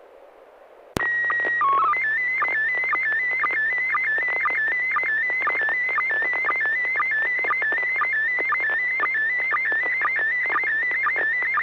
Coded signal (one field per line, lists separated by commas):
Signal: SSTV (slow-scan television)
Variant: PD 120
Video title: N6NA SSTV Net - 04/02/2025